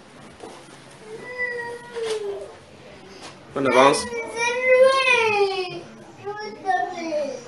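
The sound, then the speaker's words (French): A young child cries in long, wavering, high-pitched wails that rise and fall, several drawn-out sobs in a row, while a man briefly speaks over them. “On ne pleure pas.”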